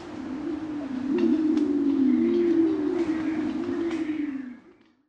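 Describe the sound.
Pied imperial pigeon giving a long, low, wavering coo that fades out at the end.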